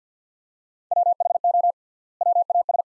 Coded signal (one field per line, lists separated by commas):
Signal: Morse code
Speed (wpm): 48 wpm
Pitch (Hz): 700 Hz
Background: none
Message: WHO WAS